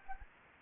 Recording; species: mosquito wingbeat signal from an infrared sensor; Anopheles gambiae